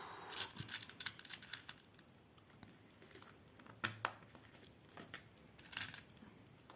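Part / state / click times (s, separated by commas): plastic nano bricks onto a brick model / seated / 3.8 s, 4.0 s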